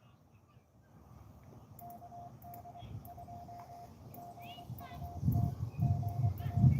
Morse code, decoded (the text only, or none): KD2GUT GA